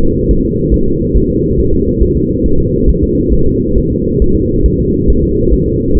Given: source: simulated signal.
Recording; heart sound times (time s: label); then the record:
fetal heart sounds
0.03 s: S2
0.31 s: S1
0.45 s: S2
0.74 s: S1
0.88 s: S2
1.17 s: S1
1.31 s: S2
1.59 s: S1
1.73 s: S2
2.03 s: S1
2.17 s: S2
2.46 s: S1
2.60 s: S2
2.89 s: S1
3.03 s: S2
3.33 s: S1
3.47 s: S2
3.78 s: S1
3.92 s: S2
4.22 s: S1
4.36 s: S2
4.66 s: S1
4.80 s: S2
5.10 s: S1
5.24 s: S2
5.53 s: S1
5.67 s: S2
5.97 s: S1
From the record:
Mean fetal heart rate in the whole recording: 140 bpm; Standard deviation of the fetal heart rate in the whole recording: 2 bpm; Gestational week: 34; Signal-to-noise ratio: -16.4 dB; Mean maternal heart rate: 72 bpm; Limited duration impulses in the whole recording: present